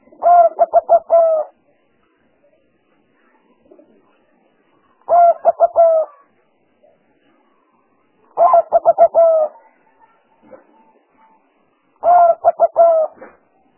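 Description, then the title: Spotted dove repeating its cooing phrase four times, each a burst of quick throaty notes, spaced a few seconds apart. Lure sounds used for trapping. "Pikat Burung Tekukur"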